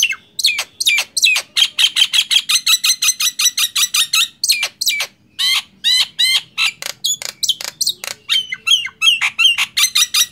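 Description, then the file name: Nias hill myna delivering quick, fairly regular squawks and chiming whistles, nearly three notes a second, with a brief pause midway. "suara jalak nias"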